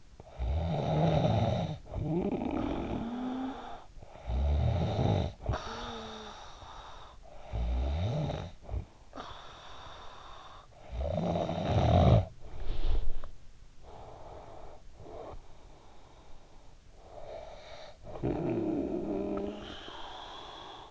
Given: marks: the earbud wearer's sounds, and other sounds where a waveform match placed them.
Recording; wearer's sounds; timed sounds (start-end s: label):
sounds in sleep by an in-ear microphone; snoring breath, breath
0.00-13.77 s: snoring breath
13.77-16.69 s: breath
16.69-20.91 s: snoring breath